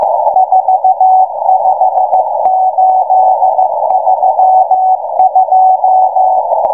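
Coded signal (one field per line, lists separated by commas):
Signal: Morse code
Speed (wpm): 14 wpm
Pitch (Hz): 750 Hz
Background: none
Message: 45832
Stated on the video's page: Russian M01 number station on 5280 kHz sending five-character groups, fading in and out.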